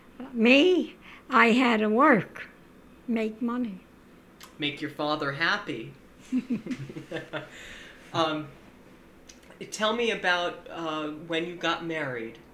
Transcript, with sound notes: But me, I had to work, make money.
Make your father happy. (they laugh) Tell me about when you got married.